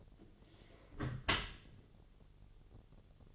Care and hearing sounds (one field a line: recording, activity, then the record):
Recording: daily activity, microphone in the room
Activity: close dishwasher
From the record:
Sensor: 4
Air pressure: 1007.5 hPa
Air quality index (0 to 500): 201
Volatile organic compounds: 7 ppm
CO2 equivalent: 2009 ppm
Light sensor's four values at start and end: 22/70/26/26 and 22/71/27/26